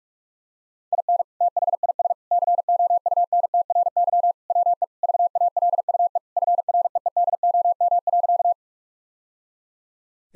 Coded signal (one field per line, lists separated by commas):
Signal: Morse code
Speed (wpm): 46 wpm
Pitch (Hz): 700 Hz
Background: none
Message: IN THIS COUNTRY WE VALUE FREEDOM.